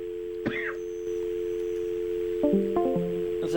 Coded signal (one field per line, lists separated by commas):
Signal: telephone call progress tone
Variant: North America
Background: music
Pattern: dial tone